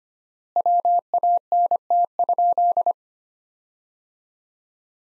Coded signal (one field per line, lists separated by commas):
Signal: Morse code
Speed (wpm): 25 wpm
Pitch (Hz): 700 Hz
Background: none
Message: WANT?